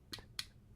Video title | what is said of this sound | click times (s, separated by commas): s3.14der's Toy Review - Transformers Generations - Thrilling 30 - Deluxe Class Trailcutter | This doesn't really set all the way and lock into place on the back. | 0.4 s